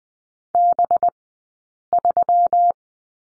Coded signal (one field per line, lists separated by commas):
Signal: Morse code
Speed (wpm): 20 wpm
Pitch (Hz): 700 Hz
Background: none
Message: B3